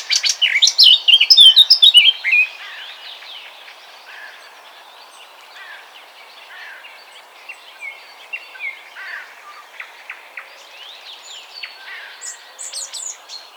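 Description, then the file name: Eurasian blackcap sings a loud, rich whistled flourish in the first two seconds. After that come only soft, scattered chirps and faint warbling. "Sylvia atricapilla"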